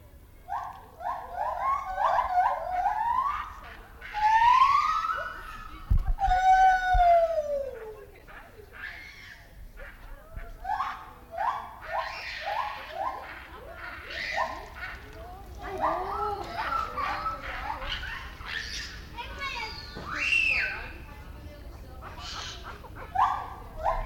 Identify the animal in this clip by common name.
Lar Gibbon